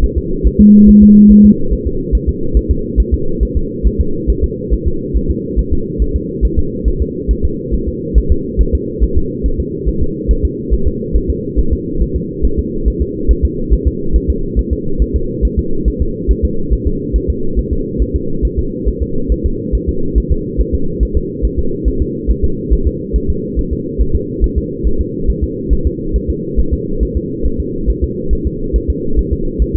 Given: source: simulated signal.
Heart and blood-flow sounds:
fetal heart sounds
0.04 s: S1
0.18 s: S2
0.47 s: S1
0.61 s: S2
0.89 s: S1
1.03 s: S2
1.31 s: S1
1.46 s: S2
1.73 s: S1
1.87 s: S2
2.15 s: S1
2.29 s: S2
2.57 s: S1
2.71 s: S2
3.00 s: S1
3.14 s: S2
3.43 s: S1
3.57 s: S2
3.87 s: S1
4.01 s: S2
4.30 s: S1
4.44 s: S2
4.74 s: S1
4.88 s: S2
5.17 s: S1
5.30 s: S2
5.59 s: S1
5.73 s: S2
6.02 s: S1
6.16 s: S2
6.45 s: S1
6.59 s: S2
6.88 s: S1
7.02 s: S2
7.31 s: S1
7.45 s: S2
7.75 s: S1
7.88 s: S2
8.18 s: S1
8.32 s: S2
8.61 s: S1
8.75 s: S2
9.04 s: S1
9.18 s: S2
9.46 s: S1
9.60 s: S2
9.88 s: S1
10.03 s: S2
10.31 s: S1
10.45 s: S2
10.74 s: S1
10.88 s: S2
11.16 s: S1
11.30 s: S2
11.59 s: S1
11.73 s: S2
12.02 s: S1
12.16 s: S2
12.45 s: S1
12.59 s: S2
12.88 s: S1
13.02 s: S2
13.31 s: S1
13.45 s: S2
13.73 s: S1
13.87 s: S2
14.16 s: S1
14.30 s: S2
14.59 s: S1
14.73 s: S2
15.02 s: S1
15.16 s: S2
15.45 s: S1
15.59 s: S2
15.88 s: S1
16.02 s: S2
16.31 s: S1
16.45 s: S2
16.73 s: S1
16.87 s: S2
17.16 s: S1
17.30 s: S2
17.59 s: S1
17.73 s: S2
18.02 s: S1
18.16 s: S2
18.45 s: S1
18.59 s: S2
18.89 s: S1
19.02 s: S2
19.32 s: S1
19.46 s: S2
19.75 s: S1
19.89 s: S2
20.18 s: S1
20.32 s: S2
20.61 s: S1
20.75 s: S2
21.03 s: S1
21.17 s: S2
21.45 s: S1
21.59 s: S2
21.88 s: S1
22.02 s: S2
22.30 s: S1
22.45 s: S2
22.73 s: S1
22.87 s: S2
23.16 s: S1
23.30 s: S2
23.59 s: S1
23.73 s: S2
24.01 s: S1
24.15 s: S2
24.44 s: S1
24.58 s: S2
24.87 s: S1
25.01 s: S2
25.30 s: S1
25.44 s: S2
25.73 s: S1
25.87 s: S2
26.16 s: S1
26.30 s: S2
26.59 s: S1
26.73 s: S2
27.03 s: S1
27.17 s: S2
27.46 s: S1
27.60 s: S2
27.90 s: S1
28.04 s: S2
28.33 s: S1
28.47 s: S2
28.76 s: S1
28.90 s: S2
29.19 s: S1
29.33 s: S2
29.62 s: S1
29.76 s: S2
From the record:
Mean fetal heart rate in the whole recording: 140 bpm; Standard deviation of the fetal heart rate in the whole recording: 2 bpm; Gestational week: 34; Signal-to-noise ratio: -8.1 dB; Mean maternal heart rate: 72 bpm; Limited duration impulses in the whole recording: present

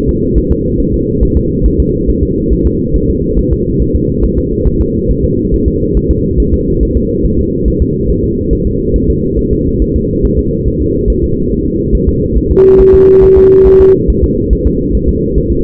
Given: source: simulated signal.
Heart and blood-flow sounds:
fetal heart sounds
0.09 s: S2
0.38 s: S1
0.52 s: S2
0.80 s: S1
0.94 s: S2
1.23 s: S1
1.37 s: S2
1.66 s: S1
1.80 s: S2
2.10 s: S1
2.24 s: S2
2.53 s: S1
2.67 s: S2
2.96 s: S1
3.10 s: S2
3.39 s: S1
3.53 s: S2
3.82 s: S1
3.96 s: S2
4.24 s: S1
4.38 s: S2
4.67 s: S1
4.81 s: S2
5.11 s: S1
5.25 s: S2
5.54 s: S1
5.68 s: S2
5.97 s: S1
6.11 s: S2
6.40 s: S1
6.54 s: S2
6.83 s: S1
6.97 s: S2
7.26 s: S1
7.39 s: S2
7.68 s: S1
7.82 s: S2
8.10 s: S1
8.24 s: S2
8.53 s: S1
8.67 s: S2
8.96 s: S1
9.10 s: S2
9.39 s: S1
9.53 s: S2
9.82 s: S1
9.96 s: S2
10.25 s: S1
10.39 s: S2
10.68 s: S1
10.82 s: S2
11.10 s: S1
11.24 s: S2
11.52 s: S1
11.66 s: S2
11.95 s: S1
12.09 s: S2
12.38 s: S1
12.51 s: S2
12.80 s: S1
12.95 s: S2
13.24 s: S1
13.38 s: S2
13.67 s: S1
13.81 s: S2
14.10 s: S1
14.24 s: S2
14.53 s: S1
14.67 s: S2
14.95 s: S1
15.09 s: S2
15.38 s: S1
15.52 s: S2
From the record:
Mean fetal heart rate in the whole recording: 140 bpm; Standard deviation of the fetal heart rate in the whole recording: 2 bpm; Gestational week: 34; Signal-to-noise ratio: -14.7 dB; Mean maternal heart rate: 72 bpm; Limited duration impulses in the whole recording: present

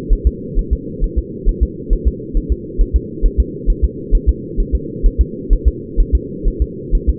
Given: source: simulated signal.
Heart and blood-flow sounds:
fetal heart sounds
0.13 s: S1
0.27 s: S2
0.59 s: S1
0.73 s: S2
1.04 s: S1
1.18 s: S2
1.49 s: S1
1.63 s: S2
1.93 s: S1
2.08 s: S2
2.37 s: S1
2.52 s: S2
2.81 s: S1
2.96 s: S2
3.25 s: S1
3.40 s: S2
3.70 s: S1
3.84 s: S2
4.15 s: S1
4.29 s: S2
4.60 s: S1
4.75 s: S2
5.06 s: S1
5.21 s: S2
5.53 s: S1
5.68 s: S2
6.00 s: S1
6.15 s: S2
6.48 s: S1
6.62 s: S2
6.95 s: S1
7.09 s: S2
From the record:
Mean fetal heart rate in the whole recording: 130 bpm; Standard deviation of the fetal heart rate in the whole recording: 4 bpm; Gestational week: 38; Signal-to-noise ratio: -4.1 dB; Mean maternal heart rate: no maternal heart sound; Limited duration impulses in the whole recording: absent

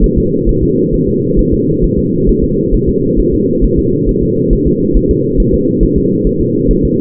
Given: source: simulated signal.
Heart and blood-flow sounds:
fetal heart sounds
0.04 s: S1
0.18 s: S2
0.49 s: S1
0.63 s: S2
0.94 s: S1
1.08 s: S2
1.39 s: S1
1.53 s: S2
1.84 s: S1
1.99 s: S2
2.29 s: S1
2.44 s: S2
2.75 s: S1
2.89 s: S2
3.20 s: S1
3.34 s: S2
3.65 s: S1
3.79 s: S2
4.09 s: S1
4.23 s: S2
4.53 s: S1
4.67 s: S2
4.97 s: S1
5.11 s: S2
5.40 s: S1
5.54 s: S2
5.83 s: S1
5.98 s: S2
6.27 s: S1
6.41 s: S2
6.71 s: S1
6.85 s: S2
From the record:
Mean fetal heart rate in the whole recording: 135 bpm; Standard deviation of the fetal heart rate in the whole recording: 3 bpm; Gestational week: 36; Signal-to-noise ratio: -11.2 dB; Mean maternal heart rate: 72 bpm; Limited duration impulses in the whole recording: present

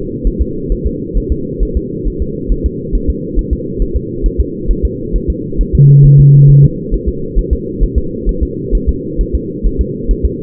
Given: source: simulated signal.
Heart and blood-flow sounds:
fetal heart sounds
0.27 s: S1
0.42 s: S2
0.72 s: S1
0.87 s: S2
1.18 s: S1
1.32 s: S2
1.63 s: S1
1.77 s: S2
2.08 s: S1
2.22 s: S2
2.52 s: S1
2.66 s: S2
2.95 s: S1
3.10 s: S2
3.39 s: S1
3.53 s: S2
3.82 s: S1
3.97 s: S2
4.26 s: S1
4.40 s: S2
4.71 s: S1
4.85 s: S2
5.16 s: S1
5.30 s: S2
5.61 s: S1
5.75 s: S2
6.06 s: S1
6.20 s: S2
6.50 s: S1
6.64 s: S2
6.94 s: S1
7.09 s: S2
7.39 s: S1
7.53 s: S2
7.83 s: S1
7.98 s: S2
8.29 s: S1
8.43 s: S2
8.75 s: S1
8.89 s: S2
9.21 s: S1
9.35 s: S2
9.67 s: S1
9.81 s: S2
10.11 s: S1
10.25 s: S2
From the record:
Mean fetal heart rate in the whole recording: 135 bpm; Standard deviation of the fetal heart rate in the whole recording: 3 bpm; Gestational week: 36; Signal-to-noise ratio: -6.6 dB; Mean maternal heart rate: 72 bpm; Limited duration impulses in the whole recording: present

